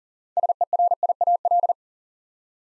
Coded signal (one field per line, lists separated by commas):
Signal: Morse code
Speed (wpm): 42 wpm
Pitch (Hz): 700 Hz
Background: none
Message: SERIAL